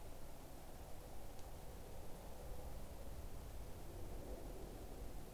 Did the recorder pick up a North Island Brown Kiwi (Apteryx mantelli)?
no